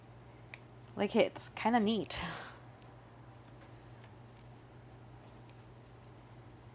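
A resin diamond-art drill is pressed onto the adhesive diamond painting canvas grid beside a crooked one, pushing it straight so it seats in place. A small, sharp click is heard at 0.5 s, followed by someone talking.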